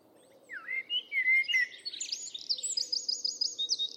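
Bird song: a varied phrase of whistled notes and a rising sweep, then a rapid high chattering trill repeated to the end, over a low steady background hum.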